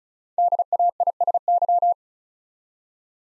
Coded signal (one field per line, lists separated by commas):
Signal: Morse code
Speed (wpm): 36 wpm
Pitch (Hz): 700 Hz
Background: none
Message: DAISY